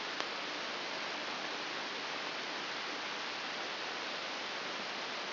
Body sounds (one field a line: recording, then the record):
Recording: brain microelectrode recording played as sound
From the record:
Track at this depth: inside the subthalamic nucleus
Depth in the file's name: 5.001 mm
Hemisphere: right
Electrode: 3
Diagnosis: Parkinson's disease